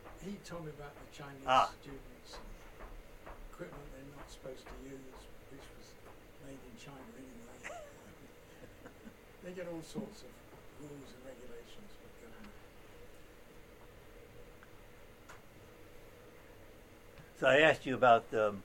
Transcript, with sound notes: He told me about the Chinese students and equipment they're not supposed to use, which was made in China [laughter] They get all sorts of rules and regulations for the government.
So I asked you about